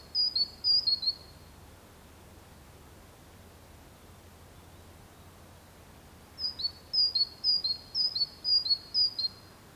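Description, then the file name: Great tit song: a short run of high, clear two-note phrases, a pause of about five seconds, then a longer run of the same see-saw phrase. "Parus major"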